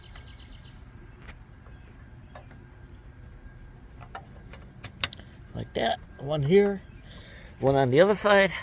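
A Stromberg Carlson scissor jack shoe adapter is pressed onto the jack stand saddle over low background noise, with faint chirps. A sharp snap at 5.0 s shows the adapter has seated into place, and then someone talks.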